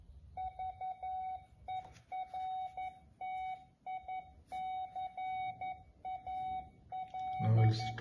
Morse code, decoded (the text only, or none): VERTICAL